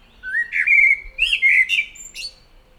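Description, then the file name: Common blackbird delivering a continuous fluted warble, sliding and looping, punctuated by brief high squeaks. "Turdus merula"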